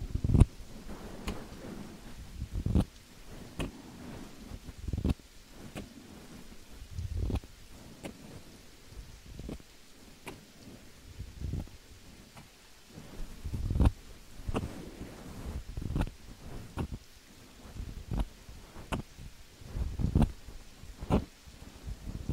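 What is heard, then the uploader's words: Scissors snip over and over in a steady rhythm, roughly once every second, each cut a sharp, crisp click. Between the snips a soft, low rumbling and rustling fills the gaps, giving the whole run a dense, rain-like patter. ASMR relaxing Scissors Sounds - Rain, no talking.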